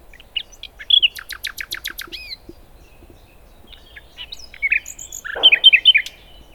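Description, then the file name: Common nightingale singing a varied phrase: a rapid series of sharp repeated notes, then a pause and a second burst of rich chirps, with brief high whistles. "Luscinia megarhynchos"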